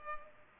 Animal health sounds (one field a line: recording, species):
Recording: mosquito wingbeat signal from an infrared sensor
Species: Culex pipiens